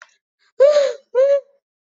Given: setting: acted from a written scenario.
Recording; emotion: vocal sound without words; fear